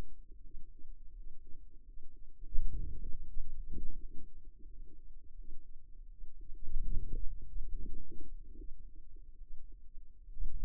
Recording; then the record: forearm muscle sounds (acoustic myography)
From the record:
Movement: hand closing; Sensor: system 2, bracelet of six BSWA MPA416 microphones around the upper forearm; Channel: 3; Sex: female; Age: 23 years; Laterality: right